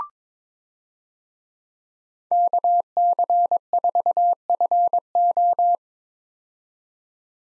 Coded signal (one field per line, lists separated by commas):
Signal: Morse code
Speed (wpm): 22 wpm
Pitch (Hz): 700 Hz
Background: none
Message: KC4FO